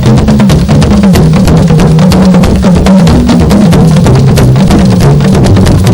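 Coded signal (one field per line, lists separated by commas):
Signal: talking drum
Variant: Yoruba dundun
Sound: rapid drum strokes with a low drum pitch sliding up and down, ensemble playing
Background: percussion ensemble music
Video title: Oriki Olorun Akiikitan on Talking Drums with Drumsvoice of Jesus @ Baptist Night Of Wonders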